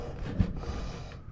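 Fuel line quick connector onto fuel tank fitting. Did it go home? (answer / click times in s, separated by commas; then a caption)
no / none. A sealed plastic quick-connect fuel line fitting is pushed onto the fuel tank nipple during a 26-gallon fuel tank swap on a 2004 Hemi Ram, making brief dull pushing and scraping noises with a small bump near 0.4 s. The fitting is tough to push on, and nothing has clicked or seated yet; it fails to click and comes back off.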